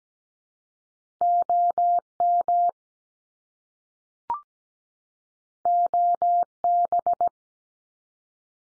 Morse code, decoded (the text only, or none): OM OB